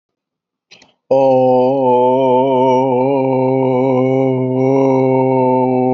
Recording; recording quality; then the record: sustained vowel as in boot; excellent, no background noise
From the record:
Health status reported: healthy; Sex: male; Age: 38 years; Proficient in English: yes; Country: India